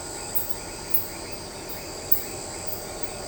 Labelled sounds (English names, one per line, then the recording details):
none
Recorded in shrubland near Pivijay, Magdalena, Colombia, on 16 April 2023 at 20:00
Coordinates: 10.453, -74.365
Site P5-G022